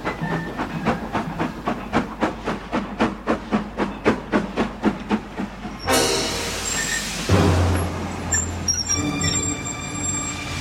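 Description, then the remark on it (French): A steam locomotive pulling the Périgueux–Bordeaux omnibus train enters Neuvic-sur-l'Isle station just after 7:30 pm on 26 July 1944. It chuffs in a steady rhythm, then lets out a loud rush of hissing steam, followed by a low droning tone and more hiss as it slowly draws in and stops along the platform. “La puissante locomotive arrive au ralenti, puis s'immobilise le long du quai, comme prévu.”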